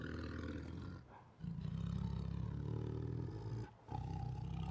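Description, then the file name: Siberian tiger growling, a deep sustained rumble interrupted by brief pauses. Protective growls, roars and snarls. "Siberian Tiger Protective Growls, Roars and Snarls 3 [Sound Ideas]"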